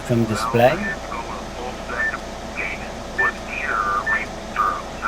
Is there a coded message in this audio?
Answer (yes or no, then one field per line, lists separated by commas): no